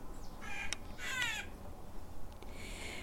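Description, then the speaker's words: Clark's Nutcracker giving harsh, grating, nasal calls: two rasping bursts in the first second and a half, then fainter calls near the end, over a low rumbling background. Nutcrackers complaining in the background; they visit a seed column put out for wild birds and can demolish it in one day. "Maybe you can hear the Clark's Nutcrackers complaining right now in the background."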